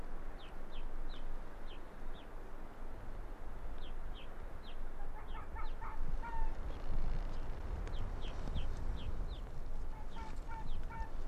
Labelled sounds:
Arctic Fox (Vulpes lagopus)

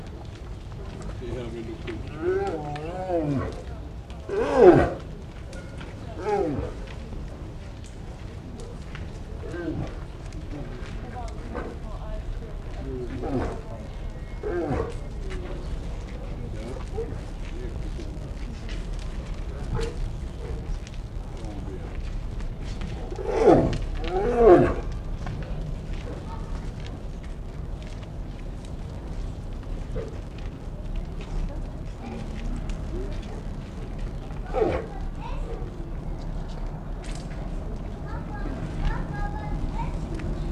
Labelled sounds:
Brown Bear (Ursus arctos) call

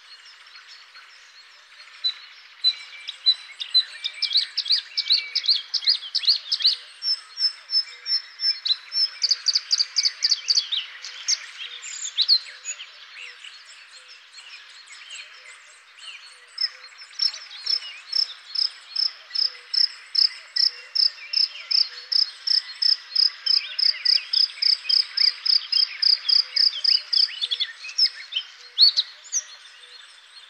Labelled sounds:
Bluethroat (Luscinia svecica) song

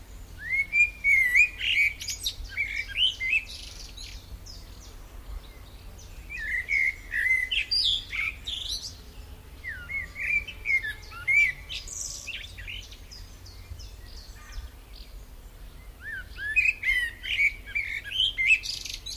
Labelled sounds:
Common Blackbird (Turdus merula) song

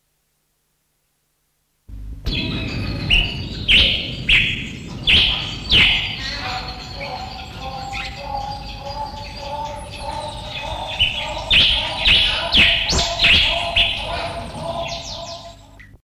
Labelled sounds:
Yellow Cardinal (Gubernatrix cristata) call

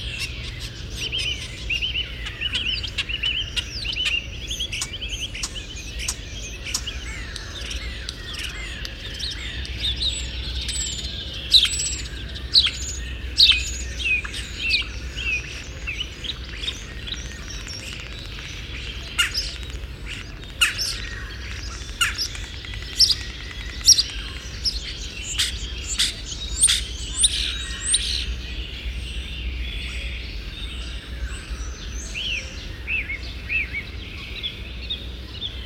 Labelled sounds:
European Starling (Sturnus vulgaris) song

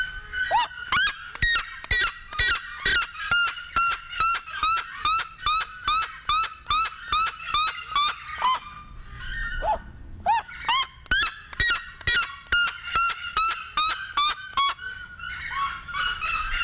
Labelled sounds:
Red-legged Seriema (Cariama cristata) call

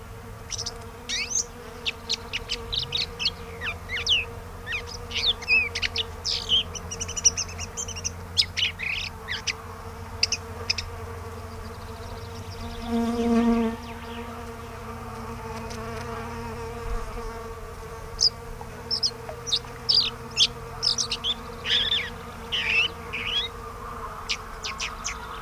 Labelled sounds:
Red-backed Shrike (Lanius collurio) song

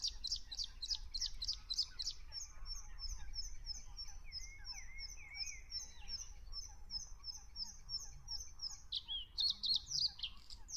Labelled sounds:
Bluethroat (Luscinia svecica) song

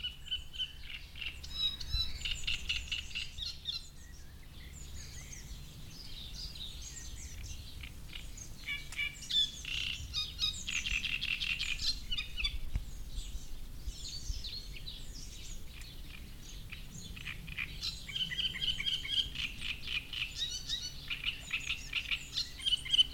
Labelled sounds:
Great Reed Warbler (Acrocephalus arundinaceus)

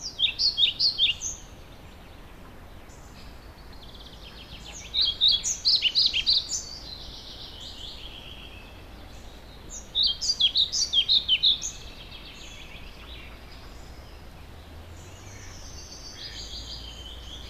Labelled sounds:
European Pied Flycatcher (Ficedula hypoleuca) song

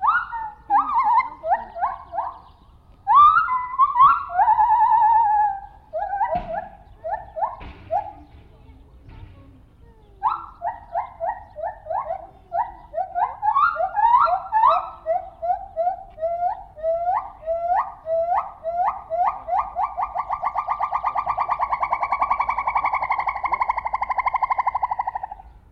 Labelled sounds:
Lar Gibbon (Hylobates lar)

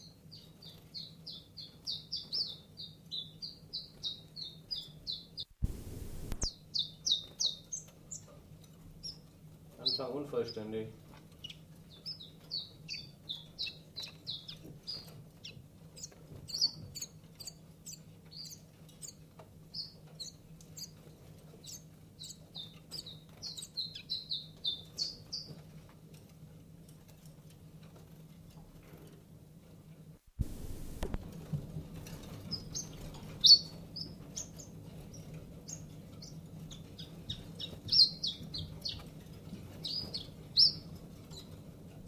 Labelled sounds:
Common Chiffchaff (Phylloscopus collybita) call

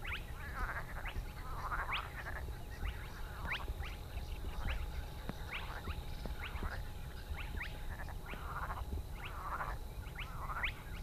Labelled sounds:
Spotted Crake (Porzana porzana)

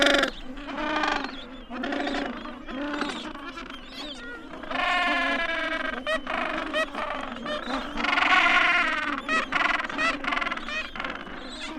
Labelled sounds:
Gentoo Penguin (Pygoscelis papua) call

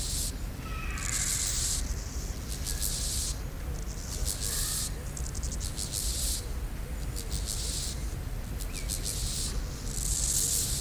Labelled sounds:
Steppe Grasshopper (Chorthippus dorsatus) stridulation

